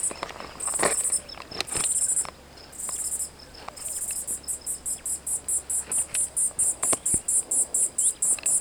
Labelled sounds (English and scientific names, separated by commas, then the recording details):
Superb Starling (Lamprotornis superbus) flight call
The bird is a female
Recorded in Kenya on 18 May 2010
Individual 116, of group WDB